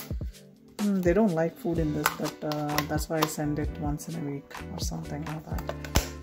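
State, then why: Seated. Someone talks over background music while pressing the plastic lid or inner container of an insulated hotpot/thermos food container into place. A sharp, short snap is heard at 6.0 s as the lid snaps on and seats.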